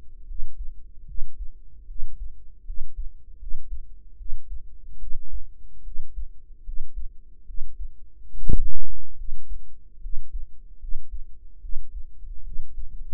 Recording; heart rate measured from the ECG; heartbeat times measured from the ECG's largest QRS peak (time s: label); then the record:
heart sounds by microphone in the right ear; 74 bpm
0.26 s: heartbeat
1.05 s: heartbeat
1.86 s: heartbeat
2.64 s: heartbeat
3.37 s: heartbeat
4.16 s: heartbeat
4.98 s: heartbeat
5.82 s: heartbeat
6.63 s: heartbeat
7.45 s: heartbeat
8.29 s: heartbeat
9.15 s: heartbeat
10.00 s: heartbeat
10.78 s: heartbeat
11.60 s: heartbeat
12.42 s: heartbeat
From the record:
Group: healthy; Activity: rest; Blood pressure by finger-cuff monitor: 93/57 mmHg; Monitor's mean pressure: 70 mmHg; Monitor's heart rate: 74 bpm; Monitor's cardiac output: 6.7 L/min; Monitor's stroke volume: 93 mL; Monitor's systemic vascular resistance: 760 dyn s/cm5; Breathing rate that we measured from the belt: 17 breaths a minute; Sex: female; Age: 19 years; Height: 163 cm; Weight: 48.9 kg